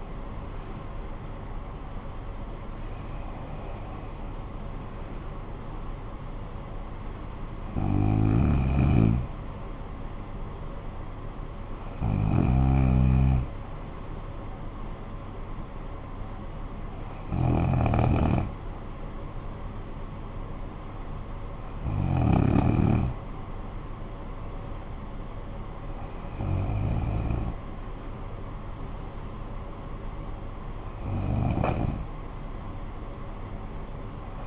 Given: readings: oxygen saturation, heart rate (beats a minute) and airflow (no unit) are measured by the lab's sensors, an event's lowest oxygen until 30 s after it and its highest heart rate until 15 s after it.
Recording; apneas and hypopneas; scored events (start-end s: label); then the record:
breathing in sleep by a smartphone at the bedside; none
16.00-34.47 s: new sleep stage, N2 (light sleep)
From the record:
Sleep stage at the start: N1 (lightest sleep); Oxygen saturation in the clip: 93 to 95%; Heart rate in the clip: 57 to 73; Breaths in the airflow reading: 8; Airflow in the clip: -11.7 to 9.8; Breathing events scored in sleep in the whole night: 445 in 7.6 hours asleep